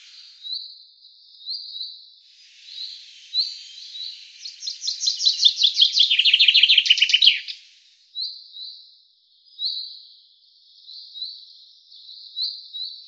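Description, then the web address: Common chaffinch song, a rapid descending trill with a terminal flourish, set among short high notes repeated throughout. "cianscape birddata Deverinetal 2025 File cleaned normalized Bird Fr Co"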